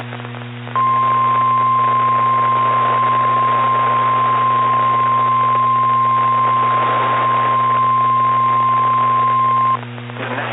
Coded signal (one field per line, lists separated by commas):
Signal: Emergency Alert System (SAME) tones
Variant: 1050 Hz attention tone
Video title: Tornado Warning | EAS #426